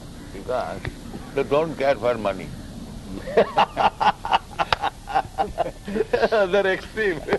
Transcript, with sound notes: because they don't care for money. [laughter]
They are extreme.